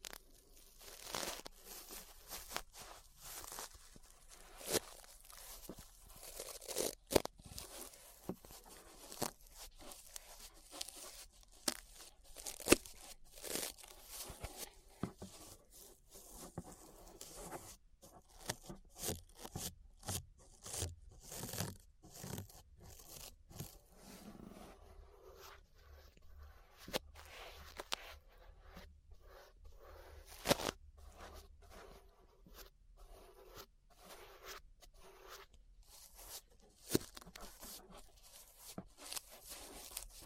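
Ear brushing makes a run of soft scratchy strokes and rustles, thick and irregular through the first half and thinning toward the end. Sharp crisp clicks pop out now and then, near 7, 13, 27, 31 and 37 seconds, over a faint low hum.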